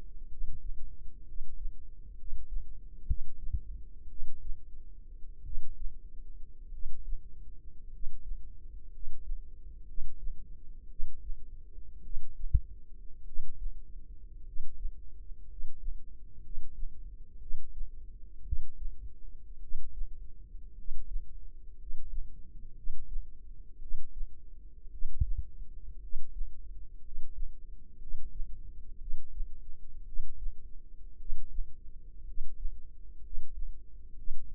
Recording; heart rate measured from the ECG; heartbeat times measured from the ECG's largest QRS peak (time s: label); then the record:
heart sounds by microphone in the left ear; 57 bpm
0.27 s: heartbeat
1.23 s: heartbeat
2.14 s: heartbeat
3.04 s: heartbeat
4.07 s: heartbeat
5.42 s: heartbeat
6.69 s: heartbeat
7.88 s: heartbeat
8.88 s: heartbeat
9.84 s: heartbeat
10.86 s: heartbeat
12.00 s: heartbeat
13.23 s: heartbeat
14.42 s: heartbeat
15.45 s: heartbeat
16.40 s: heartbeat
17.37 s: heartbeat
18.42 s: heartbeat
19.58 s: heartbeat
20.73 s: heartbeat
21.75 s: heartbeat
22.73 s: heartbeat
23.78 s: heartbeat
24.88 s: heartbeat
25.98 s: heartbeat
27.00 s: heartbeat
27.97 s: heartbeat
28.97 s: heartbeat
30.03 s: heartbeat
31.16 s: heartbeat
32.23 s: heartbeat
33.20 s: heartbeat
34.14 s: heartbeat
From the record:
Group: healthy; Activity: rest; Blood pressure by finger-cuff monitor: 107/55 mmHg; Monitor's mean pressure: 67 mmHg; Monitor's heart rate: 59 bpm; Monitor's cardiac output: 5 L/min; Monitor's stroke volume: 87 mL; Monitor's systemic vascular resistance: 970 dyn s/cm5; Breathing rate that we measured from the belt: 10 breaths a minute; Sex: male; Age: 25 years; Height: 170 cm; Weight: 70.4 kg